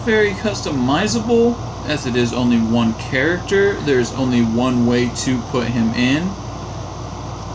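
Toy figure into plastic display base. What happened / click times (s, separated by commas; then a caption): No seating click yet; only talk and steady room hum / none. A collectible toy figure is lined up and pressed onto its tight-fitting plastic display base while someone talks over a steady low background hum. Nothing has seated or clicked into place yet in this clip.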